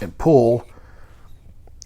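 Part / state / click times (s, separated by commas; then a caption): base plate on a pistol magazine body / released / 1.8 s. Someone talks briefly while a pin punch holds the retaining button in on the bottom of a polymer pistol magazine and a thumb pushes and pulls the base plate forward. After a quiet stretch with a faint tick, a sharp, short click sounds at 1.8 s as the magazine base plate releases.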